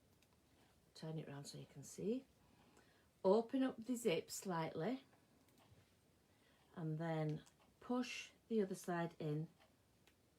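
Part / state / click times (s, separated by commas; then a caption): zip pull on a zip tape / not seated / none. Someone talks while handling a zip pull on a zip tape, turning it around and opening the zip slightly to line it up before pushing the other side into the rounded pull piece. Speech comes in bursts between quiet gaps. Nothing has clicked in yet.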